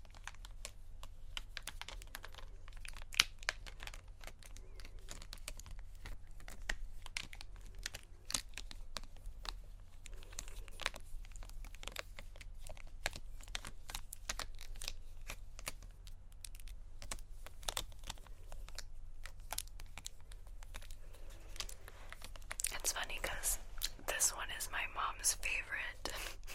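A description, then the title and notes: Makeup trigger sounds: dense, quick tapping and clicking on small containers continue without pause for the whole stretch. Near the end, from about 22 seconds, bright crinkling and rustling take over. A steady low hum sits beneath everything. ASMR Makeup Triggers.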